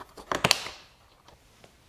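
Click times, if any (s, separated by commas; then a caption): 0.5 s. A new plastic fender flare retaining clip for a Jeep Liberty is oriented so its tabs catch the square hole in the metal body, then pushed in. A quick run of sharp plastic ticks at about 0.3 and 0.4 seconds leads to a bright snap at 0.5 seconds, followed by a few faint ticks. The clip is seated in the hole.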